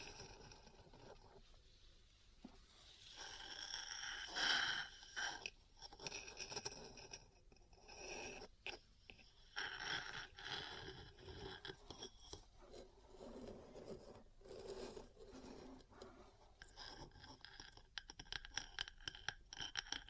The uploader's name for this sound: Metal Parts Tapping & Scratching